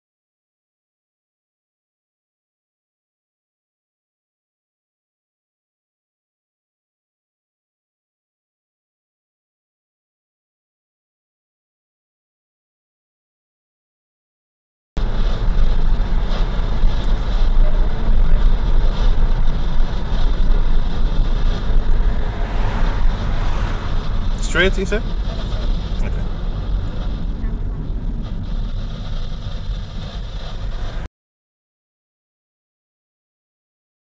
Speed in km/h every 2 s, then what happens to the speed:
46, 47, 49, 50, 49, 49, 50, 51, 50, 47, 40, 32, 30, 21, 11, 10, 15.
0-16 steady at about 49. 16-27 brakes to 11.